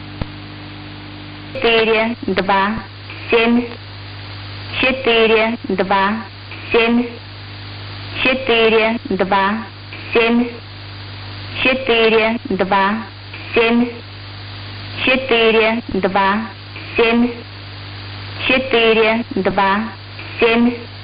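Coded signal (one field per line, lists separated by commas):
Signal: numbers station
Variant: S06s, Russian female voice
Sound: a woman's voice reading short evenly spaced words, likely numbers, over a steady low hum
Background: radio hum and static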